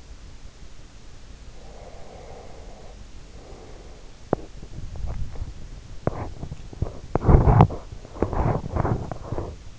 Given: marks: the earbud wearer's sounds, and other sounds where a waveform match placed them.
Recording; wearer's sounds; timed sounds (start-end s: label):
sounds in sleep by an in-ear microphone; breath, teeth grinding
1.55-4.12 s: breath
4.24-5.70 s: teeth grinding
5.98-9.78 s: teeth grinding